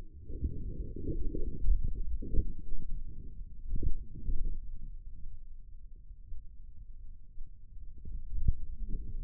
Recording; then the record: forearm muscle sounds (acoustic myography)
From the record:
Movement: wrist extension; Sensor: system 2, bracelet of six BSWA MPA416 microphones around the upper forearm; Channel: 3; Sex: male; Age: 22 years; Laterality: right